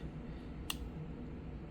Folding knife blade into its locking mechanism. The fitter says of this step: there's no click there's no lock you have to